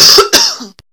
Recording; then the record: coughing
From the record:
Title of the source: November cold (wet coughing)